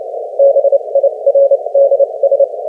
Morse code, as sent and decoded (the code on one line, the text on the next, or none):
-... .. .-. -.. ...
BIRDS